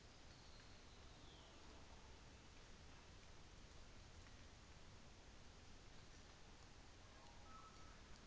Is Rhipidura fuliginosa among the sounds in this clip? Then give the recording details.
no. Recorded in New Zealand on 24 December 2018. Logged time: 11:00